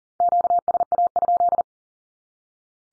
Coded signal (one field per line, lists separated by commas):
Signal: Morse code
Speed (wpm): 40 wpm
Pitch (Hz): 700 Hz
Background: none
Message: QSA?